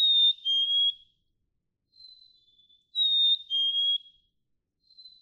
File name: Black-capped Chickadee